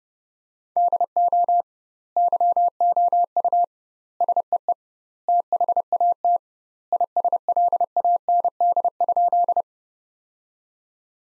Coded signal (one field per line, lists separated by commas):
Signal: Morse code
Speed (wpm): 30 wpm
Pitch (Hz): 700 Hz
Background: none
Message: DO YOU SEE THAT ISLAND?